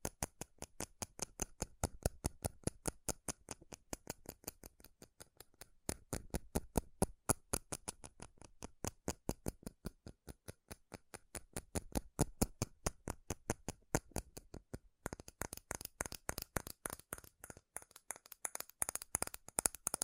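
Rapid tapping on metal runs throughout, a dense stream of sharp, bright clicks at a quick, fairly even pace. The rhythm loosens briefly around the middle, then resumes; after about fifteen seconds the taps turn thinner and more brittle, with a faint hiss underneath.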